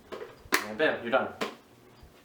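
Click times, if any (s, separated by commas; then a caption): 0.5 s. Someone talks as the plastic shell half of a Virtue Spire IR paintball hopper loader, opened to show the batteries inside, is slid back onto the loader body. It clicks into place with a sharp snap at 0.6 s, and the shell is seated.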